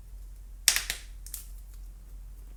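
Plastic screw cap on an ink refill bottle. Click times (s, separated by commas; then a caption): 0.7 s. A plastic screw cap is turned back onto an Epson T502 ink refill bottle for an EcoTank printer until it clicks. A sharp click at 0.7 s marks the cap seating, followed by softer ticks at about 0.8, 0.9 and 1.3 s against a quiet low hum. The cap is seated.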